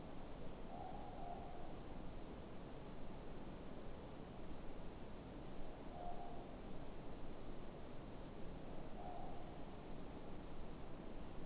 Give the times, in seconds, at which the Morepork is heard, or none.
0.56-1.66, 5.83-6.49, 8.87-9.58